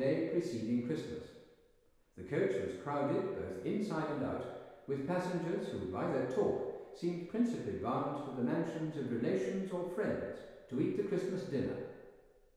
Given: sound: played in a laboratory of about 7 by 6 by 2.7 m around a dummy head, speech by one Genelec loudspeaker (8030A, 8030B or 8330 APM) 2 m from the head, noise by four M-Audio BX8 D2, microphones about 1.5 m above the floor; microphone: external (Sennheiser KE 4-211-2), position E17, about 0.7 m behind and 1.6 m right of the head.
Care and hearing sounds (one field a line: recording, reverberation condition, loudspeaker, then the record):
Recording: male speech in English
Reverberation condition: high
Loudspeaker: 150 degrees to the right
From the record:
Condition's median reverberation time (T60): about 1300 ms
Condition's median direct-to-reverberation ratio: about -4.0 dB